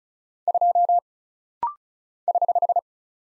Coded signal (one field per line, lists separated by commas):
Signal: Morse code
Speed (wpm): 36 wpm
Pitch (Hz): 700 Hz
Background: none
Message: 2 <HH>